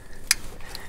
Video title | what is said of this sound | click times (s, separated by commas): HOW TO CHANGE OIL PRESSURE SENDING UNIT SENSOR MAGNUM V8 ENGINE | we're going to click it down until we get a click | 0.3 s